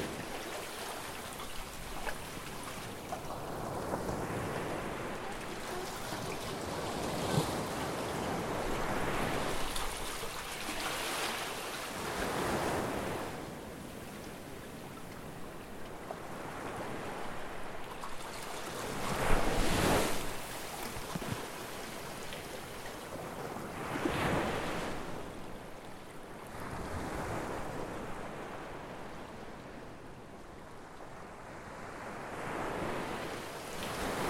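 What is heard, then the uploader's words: Ocean waves wash in and break in repeated surges, each one swelling into a loud hiss and then draining away. The heaviest crashes land around 10, 20 and 24 seconds, with a constant rushing, rain-like spray of water filling the gaps. Ocean Waves & Tide Pools. Ocean waves crash and fill tide pools.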